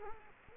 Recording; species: mosquito wingbeat signal from an infrared sensor; Culex quinquefasciatus